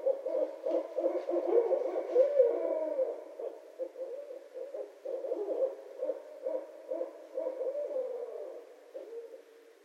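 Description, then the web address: Barred owl hoots, a dense burst of agitated wavering calls early on, then steadier repeated hoots fading toward the end. Recorded on 26 February 2012. "Barred Owl 2012 02 26"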